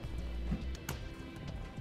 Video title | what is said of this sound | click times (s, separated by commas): Installing the Tekonsha Prodigy P3 Trailer Brake Controller on your 2015 Chevrolet Silverado 1500 | push it in until it clicks okay with that plugged in we can now replace the cover for a fuse box okay | 0.9 s